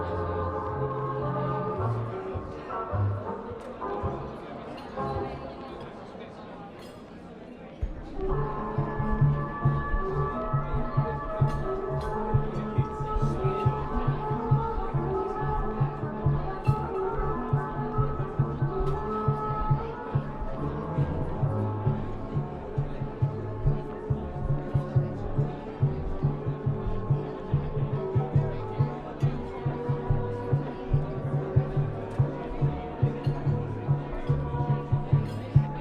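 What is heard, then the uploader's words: Oldie music plays in a coffee shop under light talking and occasional clinks. The music briefly dips and thins around the eight-second mark, then returns fuller with steady sustained notes. Murmured voices and small sharp taps continue throughout. Oldie music playing in a coffee shop (light talking).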